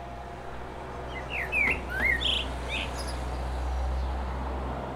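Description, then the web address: Common blackbird singing soft whistled, slurred notes in a short phrase, with a steady low rumble underneath. "pub SETE data Turdus merula"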